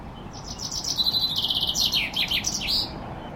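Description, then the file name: Common chaffinch delivering one complete song phrase, a series of bright notes sliding downward and closing with a flourish. "Fringilla coelebs"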